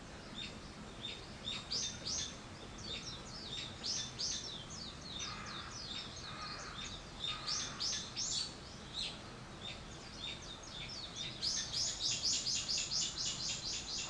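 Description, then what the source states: Bird chirps: busy, irregular high chirping, with some lower harsh notes midway and a fast, even burst of chirps near the end. Wild birds; 21 April 2023.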